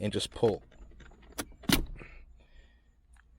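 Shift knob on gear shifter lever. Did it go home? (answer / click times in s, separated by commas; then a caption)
released / 1.7 s. Someone talks as the original shift knob is pulled upward off the automatic DSG gear shifter lever of an MK6 GTI. A sharp sound at 1.7 s marks the knob coming free of the shifter, and it is released.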